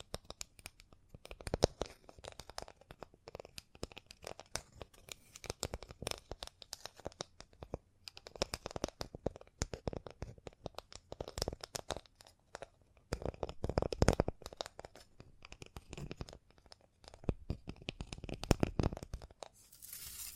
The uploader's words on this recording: ASMR 100+ Hypnotizing Triggers for 100% Tingles (No Talking).